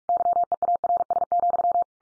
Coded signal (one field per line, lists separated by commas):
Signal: Morse code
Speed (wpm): 44 wpm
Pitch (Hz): 700 Hz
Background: none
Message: YEARS,